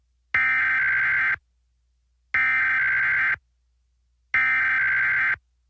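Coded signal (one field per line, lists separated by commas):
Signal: Emergency Alert System (SAME) tones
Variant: header bursts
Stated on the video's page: Test alert tones taken from a stream of NOAA Weather Radio station WXM56.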